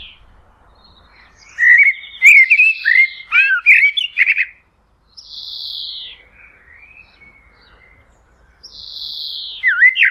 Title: Merle - black bird